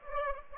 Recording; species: mosquito wingbeat signal from an infrared sensor; Aedes aegypti